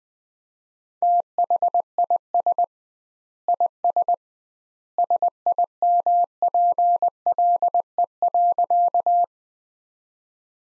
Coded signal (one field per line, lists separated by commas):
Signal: Morse code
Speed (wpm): 21 wpm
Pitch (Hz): 700 Hz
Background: none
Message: THIS IS SIMPLE.